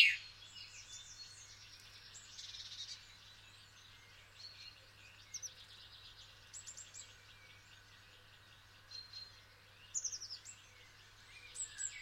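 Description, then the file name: Common chaffinch calls: short high chips and brief buzzy notes recur every few seconds, over a steady low hum. "Fringilla coelebs"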